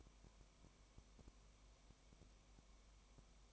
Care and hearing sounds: daily activity, microphone in the room; no activity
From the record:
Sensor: 1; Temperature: 19.0 degrees Celsius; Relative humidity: 34.1%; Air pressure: 1001.3 hPa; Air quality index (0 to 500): 82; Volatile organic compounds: 1 ppm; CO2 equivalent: 817 ppm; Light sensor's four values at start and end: 1/2/1/1 and 1/2/1/1

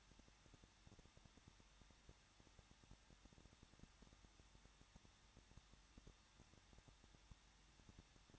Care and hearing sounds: daily activity, microphone in the room; no activity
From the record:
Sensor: 3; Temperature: 21.2 degrees Celsius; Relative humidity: 36.3%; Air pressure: 1006.3 hPa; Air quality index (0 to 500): 222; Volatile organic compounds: 41 ppm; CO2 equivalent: 3164 ppm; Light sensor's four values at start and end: 2/3/2/2 and 2/3/2/2

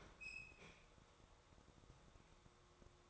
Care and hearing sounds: daily activity, microphone in the room; open fridge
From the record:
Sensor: 3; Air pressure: 1004.6 hPa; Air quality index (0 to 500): 193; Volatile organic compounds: 13 ppm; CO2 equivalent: 2420 ppm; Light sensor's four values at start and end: 5/12/4/4 and 5/12/4/4

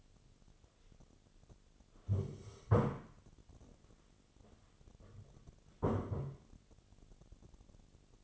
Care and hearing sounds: daily activity, microphone in the room; stand up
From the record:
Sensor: 4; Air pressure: 1016.1 hPa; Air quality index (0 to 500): 180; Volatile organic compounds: 8 ppm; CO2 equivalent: 2054 ppm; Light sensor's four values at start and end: 9/20/8/7 and 9/20/8/7

